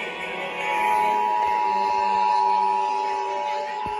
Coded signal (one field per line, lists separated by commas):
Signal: Emergency Alert System (SAME) tones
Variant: 853 and 960 Hz attention tone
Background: music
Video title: November GA RMTs (EAS #473-486)